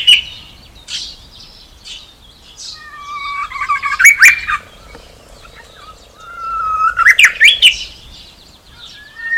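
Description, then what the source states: Japanese bush warbler giving two full songs: a sustained whistled note climbing into a quick, ringing ending, with scattered high chirps from other birds. Recorded on 18 March 2016.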